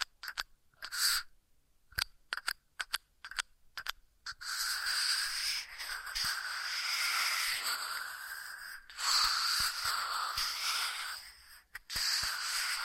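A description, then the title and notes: Ear massage triggers: for the first four seconds, sparse crisp taps and brushes sound against near silence. Then a continuous rubbing, hissing texture takes over, swelling and easing in long waves, with a brief pause near twelve seconds before it resumes. Ear Massage Triggers.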